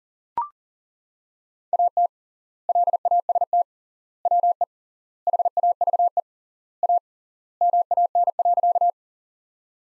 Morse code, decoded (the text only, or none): AT LAST WE HAVE A MAN.